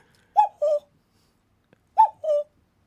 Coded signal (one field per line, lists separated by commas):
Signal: none